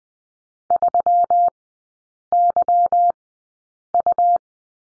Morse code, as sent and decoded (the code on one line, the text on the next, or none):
...-- -.-- ..-
3YU